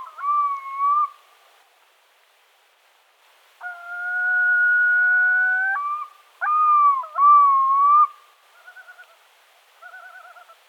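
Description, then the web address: Yellow-billed loon wailing calls: wavering notes, a long steady note and shorter phrases, followed by faint quavering tremolos near the end. Display calling by several birds. "gavia adamsii tokovanie neskolkih ptic"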